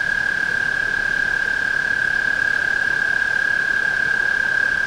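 Tree frog trilling without a break, one steady, high, buzzing tone running the whole time over faint background hiss.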